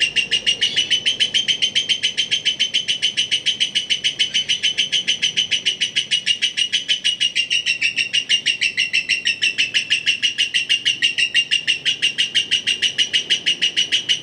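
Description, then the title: Lovebird trilling continuously, a rapid, even, high rattle of pulsed notes sustained throughout without a pause. Masteran bird sounds used for training birds. "MASTERAN BURUNG 2"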